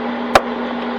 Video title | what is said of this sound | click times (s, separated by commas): Harrison Building Lego Sets (Reobix St. Andrew's Church Part #5) | There you go. You'll hear the snap. | 0.4 s